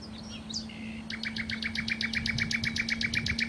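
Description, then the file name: Common nightingale song: a few slurred whistles, then a rapid, evenly repeated series of clicking notes that runs to the end, with a steady low hum underneath. "Nachtigall"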